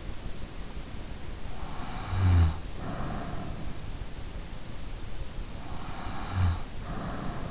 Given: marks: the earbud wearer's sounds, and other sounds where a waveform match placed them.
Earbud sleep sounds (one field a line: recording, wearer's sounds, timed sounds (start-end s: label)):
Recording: sounds in sleep by an in-ear microphone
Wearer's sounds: snoring breath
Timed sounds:
1.56-3.60 s: snoring breath
5.65-7.51 s: snoring breath